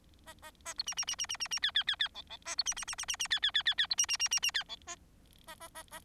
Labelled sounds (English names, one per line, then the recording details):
Bengalese Finch song
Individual Bird4